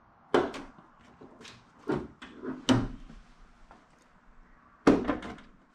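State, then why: Seated. An aftermarket quick-release latch on a car bumper is worked by hand, set against cheaper cabinet-style latches. It gives crisp, sharp snaps at 0.3, 2.7 and 4.9 seconds, with softer clicks and rattles in between. The quick-release bumper latch snaps shut and seats.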